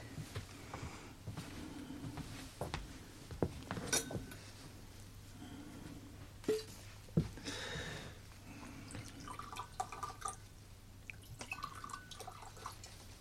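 Glasses clink and knock several times against a low steady hum, followed by a soft trickling pour of Scotch whisky into two glasses and a few more light clinks, with no one speaking.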